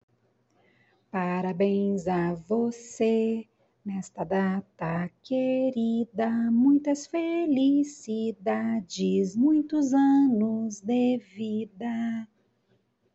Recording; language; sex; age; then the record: short text; Brazilian Portuguese; female; 40 to 49 years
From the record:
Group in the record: control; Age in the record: 40 years